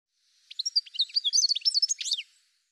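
Bird giving a brief, busy sequence of high twittering chirps and short slurred notes, lasting under two seconds.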